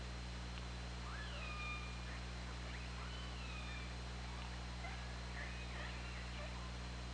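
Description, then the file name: Orca calls, tonal cries that swoop down then flatten out, several in sequence, with a steady low hum and hiss underneath. Underwater recording from the OrcaLab hydrophone, 24 August 2017, at 20:47:59. "Orca Lab UTLN JASON 20170824 204759"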